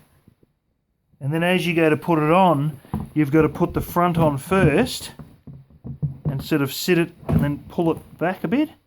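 Someone talks while fitting the upper fresh-water tank of a Thetford Porta Potti portable camping toilet onto the lower waste tank, setting its front on first and pulling it back a little so the tabs line up. A few faint knocks of handling are heard between about 5.5 and 6.3 s. The tank has not yet dropped down, and nothing has clicked into place.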